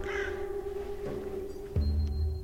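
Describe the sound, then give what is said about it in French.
A crow gives a short, harsh caw at the start over the red zone, a former mine-warfare battlefield, then falls quiet while a steady low hum and a deeper rumble carry on underneath. “Une corneille, je crois.”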